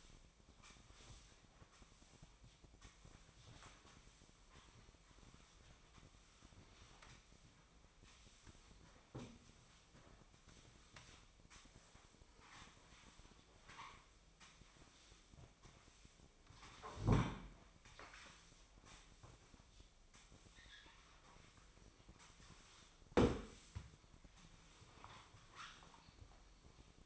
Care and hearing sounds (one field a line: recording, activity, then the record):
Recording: daily activity, microphone in the room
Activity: sweep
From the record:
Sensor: 1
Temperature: 24.4 degrees Celsius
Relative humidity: 39.3%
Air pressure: 1003.1 hPa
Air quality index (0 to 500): 197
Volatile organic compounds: 6 ppm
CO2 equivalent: 1887 ppm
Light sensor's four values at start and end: 13/31/13/15 and 13/31/13/15